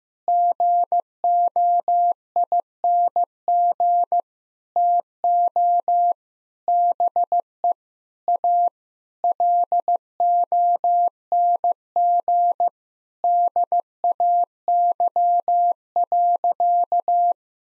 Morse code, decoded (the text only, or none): GOING TO BE A LONG DAY.